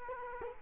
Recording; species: mosquito wingbeat signal from an infrared sensor; Culex quinquefasciatus